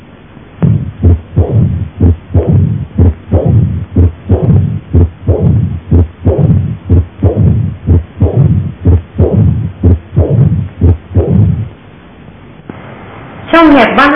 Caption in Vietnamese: Trong hở van động mạch chủ nặng, thường nghe tiếng rung phlin lan từ liên sườn ba trái xuống mỏm tim.